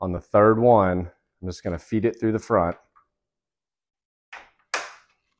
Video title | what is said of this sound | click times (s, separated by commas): Ford Bronco Grille Lights (Amber and Smoked Style) Sold By Mabett | and you'll fill it snap right into place | 4.7 s